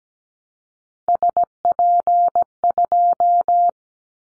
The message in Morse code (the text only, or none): SP2